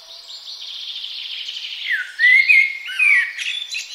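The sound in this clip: Blackbird song: high thin twittering leads into a few low, fluty whistled notes that rise and fall, then a brief squeaky flourish.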